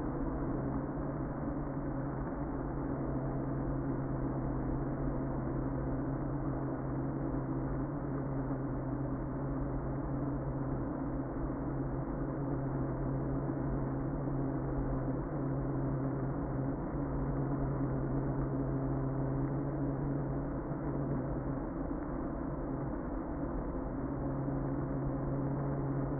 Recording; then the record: honeybee colony, microphone inside the hive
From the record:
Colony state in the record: queen present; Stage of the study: before two queens were removed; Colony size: about 60,000 bees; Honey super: yes